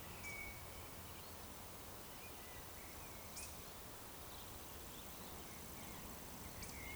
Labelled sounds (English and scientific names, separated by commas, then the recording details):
Eurasian Woodcock (Scolopax rusticola) whistle
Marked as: whistle, whistle, whistle
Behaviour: display flight
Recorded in Baden-Württemberg, Germany, on 12 June 2020 at 19:31 UTC
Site 43791, 788 m above sea level